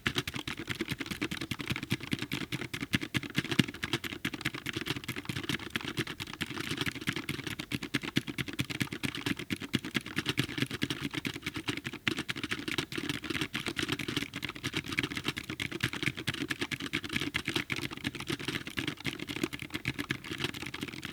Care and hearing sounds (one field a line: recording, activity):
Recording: daily activity, guitar pickup as the sensor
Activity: type